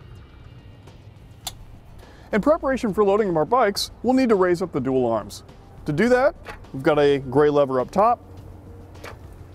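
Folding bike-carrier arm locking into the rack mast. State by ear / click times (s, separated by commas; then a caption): not seated / none. Someone talks while preparing to raise the steel dual arms of a Yakima LongHaul RV hitch bike rack into the raised loading position using the gray lever up top, with a brief sharp tick near 1.5 s over low background hum. Nothing has seated or clicked yet; the clip ends before the arms snap in.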